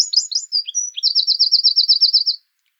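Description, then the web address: Eurasian wren song: a loud, high burst of varied twittering notes that runs into a fast, even trill of repeated notes, about two and a half seconds long. "songs troglodytes troglodytes call"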